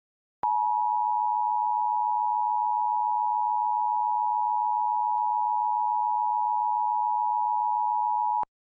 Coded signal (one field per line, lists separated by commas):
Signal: Emergency Alert System (SAME) tones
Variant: 853 and 960 Hz attention tone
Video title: Various Emergency Alert System (EAS) Tests - Month of 12/2021